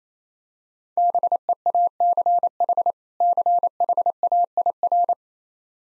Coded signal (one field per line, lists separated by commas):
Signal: Morse code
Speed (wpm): 28 wpm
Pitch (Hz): 700 Hz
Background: none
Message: BEACH CHAIR